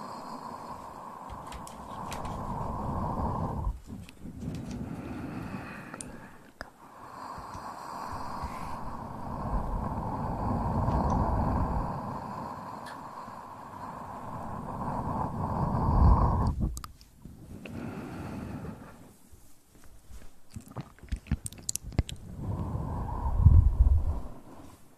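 Ear massage sounds: steady soft rubbing and muffled rustling, broken by brief pauses near 4, 6 and 17 seconds, with occasional sharp taps.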